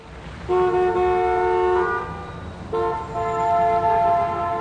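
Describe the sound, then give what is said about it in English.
Car horns honk in town traffic in Calais, France: two long, steady, mid-pitched blasts, the second running to the end, over a constant low rumble of engines. “The traffic in Calais was quite bad.”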